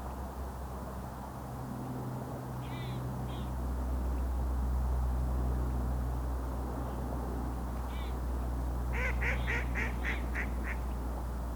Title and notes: Boisbriand (colvert), 06.10.08. Colvert sur la rivière des Mille-îles à l'heure de pointe près de l'autoroute 15